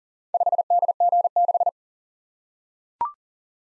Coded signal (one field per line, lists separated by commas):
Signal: Morse code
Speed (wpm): 41 wpm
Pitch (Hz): 700 Hz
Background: none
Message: 5DG6